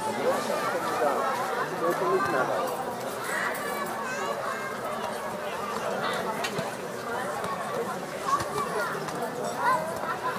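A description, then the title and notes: Children playing on a summer evening, with overlapping voices and chatter filling the whole ten seconds. The sound is dense and steady in level, with quick bright calls and shouts rising above the babble now and then, around the third, sixth and eighth seconds. Audio Journeys of Berlin: Summer Evening Joy and Child Play.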